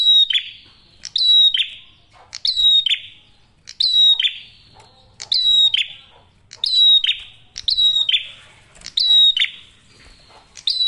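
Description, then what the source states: Prinia song of crisp, high, ringing notes ending in a falling buzz, repeated in bursts a little under once a second. Masteran tutor audio for training songbirds; prenjak merah singing actively with a clear voice.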